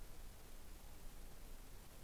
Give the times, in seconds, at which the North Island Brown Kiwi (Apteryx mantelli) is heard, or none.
none